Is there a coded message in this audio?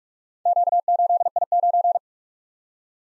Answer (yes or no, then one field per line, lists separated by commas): yes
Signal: Morse code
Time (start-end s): 0.5-2.0 s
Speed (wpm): 44 wpm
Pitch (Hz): 700 Hz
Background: none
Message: Q8I9